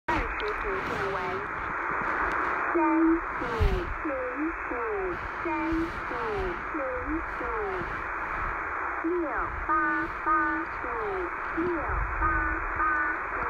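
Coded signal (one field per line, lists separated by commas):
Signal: numbers station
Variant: V13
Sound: a voice speaking short tonal syllables over steady radio hiss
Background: radio static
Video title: Websdr: V13 Taiwanese Numbers Station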